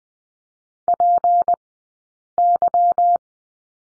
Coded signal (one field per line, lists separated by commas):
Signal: Morse code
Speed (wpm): 20 wpm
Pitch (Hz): 700 Hz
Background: none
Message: PY